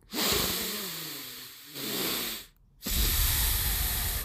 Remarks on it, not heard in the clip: So I got a deviated septum. It's not a good breathe. That's why it's hard for me to breathe through my nose.